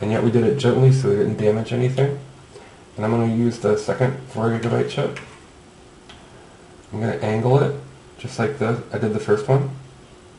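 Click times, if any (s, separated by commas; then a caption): none. Someone talks while a second 4 GB memory module is picked up and prepared before being angled into a laptop memory slot, with a brief faint tick at about 6.1 s in a pause. Nothing has seated or clicked yet.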